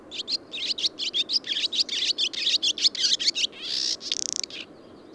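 Bird song, long run of rapid high chirps and warbled notes, broken by a buzzy phrase and a fast rattling trill near the end.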